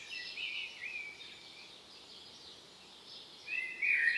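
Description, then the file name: Common blackbird giving a soft warble with a faint high twitter, a quiet pause, then a louder fluted phrase; steady hiss throughout. "Turdus merula"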